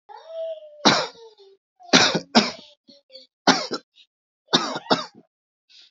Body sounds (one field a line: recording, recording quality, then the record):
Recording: heavy voluntary cough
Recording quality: excellent, no background noise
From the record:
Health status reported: healthy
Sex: male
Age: 44 years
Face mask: not worn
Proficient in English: yes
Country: India